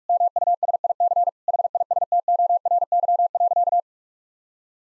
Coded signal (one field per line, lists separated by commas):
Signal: Morse code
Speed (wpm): 46 wpm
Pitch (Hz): 700 Hz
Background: none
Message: MUSIC HISTORY.